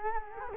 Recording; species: mosquito wingbeat signal from an infrared sensor; Culex quinquefasciatus